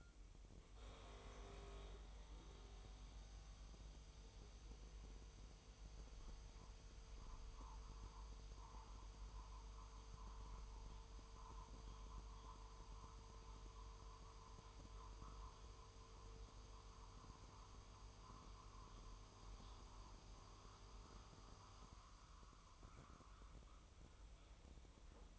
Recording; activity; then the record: daily activity, microphone in the room; make coffee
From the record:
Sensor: 1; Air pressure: 988.5 hPa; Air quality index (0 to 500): 197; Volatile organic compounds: 948 ppm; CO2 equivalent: 5242 ppm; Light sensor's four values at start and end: 26/95/36/38 and 26/95/36/38